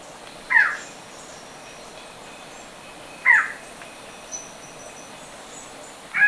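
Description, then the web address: Uniform antshrike repeating a single short, down-slurred note roughly every three seconds against a quiet background. Recorded in Ecuador. "Natures Songs S America Birds of Ecuador Uniform Antshrike"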